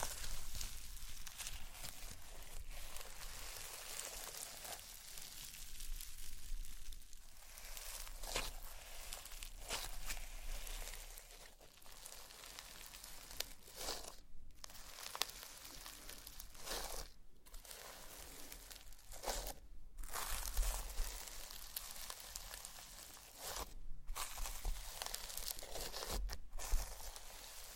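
Slime is squished and pressed in a continuous wet crackle of dense, bright little pops and crinkles. Short silent gaps break the sound near 14, 17, 20, 24 and 27 seconds, with faint low rumbles underneath throughout.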